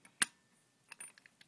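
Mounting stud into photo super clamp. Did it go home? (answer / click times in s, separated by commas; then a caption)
no / none. A mounting stud is pushed into the cheaper imitation photo super clamp (the $17 Adorama rather than the $27 Bogen-Manfrotto), giving a sharp metallic tap at 0.2 s, then a series of small light taps and rattles from about 0.9 to 1.4 s. Nothing clicks or locks: the stud doesn't stay seated, pokes out and turns around in the clamp.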